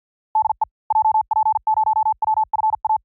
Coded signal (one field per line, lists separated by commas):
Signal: Morse code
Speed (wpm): 50 wpm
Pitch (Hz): 870 Hz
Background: none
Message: DE JP0WFA